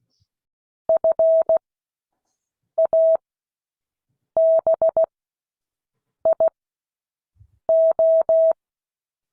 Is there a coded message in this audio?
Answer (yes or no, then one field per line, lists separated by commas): yes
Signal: Morse code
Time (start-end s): 0.9-8.5 s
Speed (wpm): 16 wpm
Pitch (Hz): 650 Hz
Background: none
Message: FABIO